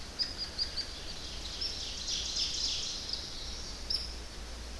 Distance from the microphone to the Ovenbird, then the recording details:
about 60 m. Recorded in boreal forest in Alberta, Canada, on 10 June 2016 at 08:52. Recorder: SongMeter 3, array SBT-3-39. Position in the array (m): 271 m, 159 m. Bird 19